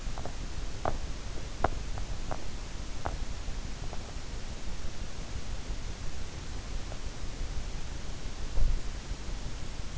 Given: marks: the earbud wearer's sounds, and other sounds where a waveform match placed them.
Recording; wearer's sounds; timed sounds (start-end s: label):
sounds in sleep by an in-ear microphone; teeth grinding
0.00-3.48 s: teeth grinding